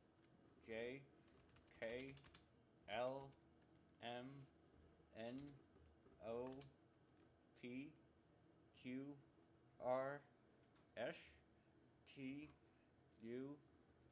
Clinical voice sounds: letters of the alphabet, spoken; constrained by a bite bar between the teeth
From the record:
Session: first day, right after the free take

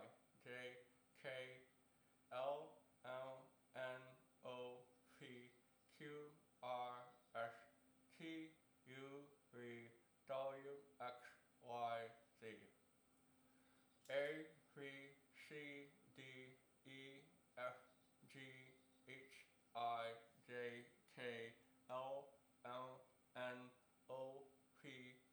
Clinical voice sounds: letters of the alphabet, spoken; constrained by a bite bar between the teeth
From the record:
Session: first day, right after the free take

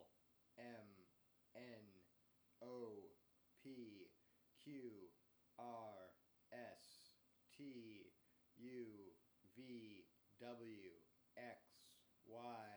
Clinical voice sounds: letters of the alphabet, spoken; free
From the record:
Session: first day, before the bite bar

